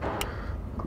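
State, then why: Seated. A plastic engine wiring harness connector on a Freightliner Cascadia's Detroit Diesel DD15 is plugged back into its sensor or component socket during the water pump reinstall. A sharp click at 0.2 s confirms it has seated, followed by a gray locking tab being pushed in. A fainter tick follows at 0.8 s.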